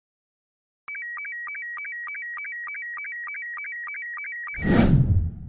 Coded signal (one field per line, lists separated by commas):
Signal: SSTV (slow-scan television)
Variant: Robot 72